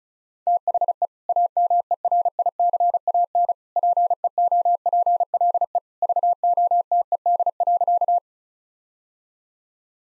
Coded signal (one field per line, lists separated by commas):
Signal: Morse code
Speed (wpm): 36 wpm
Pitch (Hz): 700 Hz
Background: none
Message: THE AMERICAN PEOPLE VOTED.